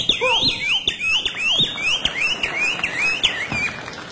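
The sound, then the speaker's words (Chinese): A person imitates a bird with a rapid string of high, whistled chirps and rising-falling warbles, repeating in a lively, fluttering rhythm for several seconds, fairly loud and with no talking. “你给我学个鸟叫的。”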